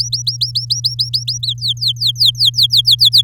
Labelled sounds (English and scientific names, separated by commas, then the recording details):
Domestic Canary (Serinus canaria) song
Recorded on 9 May 2018 at 11:57
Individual llb16